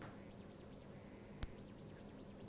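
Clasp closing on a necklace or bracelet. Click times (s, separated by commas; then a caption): 1.4 s. A sterling silver jewellery clasp for a necklace or bracelet is held up and closed for a click test. A single sharp click is heard at 1.4 s over steady background noise with faint repeating chirp-like tones. The clasp clicks shut, which is taken as a sign that it is well made.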